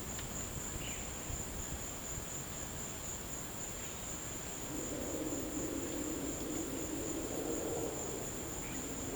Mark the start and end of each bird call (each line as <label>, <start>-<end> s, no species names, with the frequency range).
bird call (1.7-3.4 kHz), 0.75-1.06 s